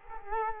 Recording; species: mosquito wingbeat signal from an infrared sensor; Culex quinquefasciatus